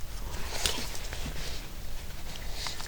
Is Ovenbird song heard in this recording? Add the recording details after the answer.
no. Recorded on 25 June 2016 at 14:47. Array SBT-6-76